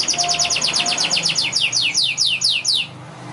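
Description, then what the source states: Canary song, a steady train of quick whistled down-slurred syllables, slowing slightly before stopping, with a faint low hum. Young canary song used as a lure and tutor song for training other canaries.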